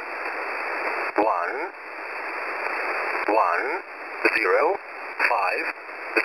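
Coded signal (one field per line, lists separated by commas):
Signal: numbers station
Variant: E07a English Man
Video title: E07a English Man 11153kHz 0800 UTC 05/09/2020 - 99 Group Message!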